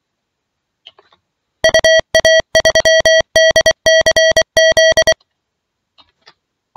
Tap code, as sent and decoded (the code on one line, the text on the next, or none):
none